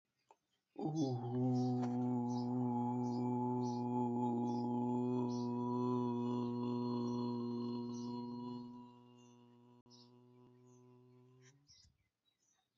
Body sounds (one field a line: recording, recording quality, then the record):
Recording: sustained vowel as in boot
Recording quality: excellent, no background noise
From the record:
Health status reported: healthy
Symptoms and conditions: none ticked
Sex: male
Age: 25 years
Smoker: not ticked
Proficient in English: yes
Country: India